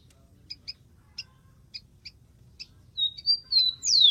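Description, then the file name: Rufous-collared sparrow song rising out of scattered high chip notes: level whistles building to a loud, falling slurred whistle at the end. "canto do tico tico"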